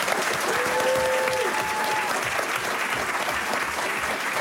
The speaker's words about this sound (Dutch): Applaus voor beiden.